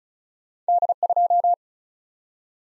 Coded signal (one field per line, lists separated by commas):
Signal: Morse code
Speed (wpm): 36 wpm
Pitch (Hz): 700 Hz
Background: none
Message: D2